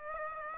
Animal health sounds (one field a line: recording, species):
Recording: mosquito wingbeat signal from an infrared sensor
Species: Aedes aegypti